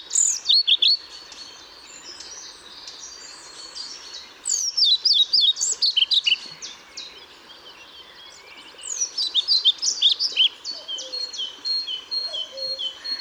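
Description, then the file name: European pied flycatcher song, three phrases of rapid high notes swinging up and down, each lasting under two seconds, amid a busy background of other birdsong. Recorded at Paehl on 1 May 2014. "Trauerschnaepper 01 05 2014 Paehl WM Michle Pron"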